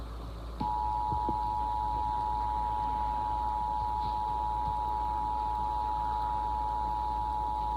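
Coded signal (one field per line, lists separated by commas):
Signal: Emergency Alert System (SAME) tones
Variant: 853 and 960 Hz attention tone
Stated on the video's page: Fictional severe thunderstorm warning EAS tones, not a real alert.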